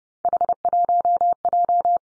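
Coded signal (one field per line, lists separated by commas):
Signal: Morse code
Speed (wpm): 30 wpm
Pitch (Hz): 700 Hz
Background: none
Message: H1J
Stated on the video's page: Morse practice drill at 30 wpm of three-character combinations of easily confused letters and numbers, each sent twice.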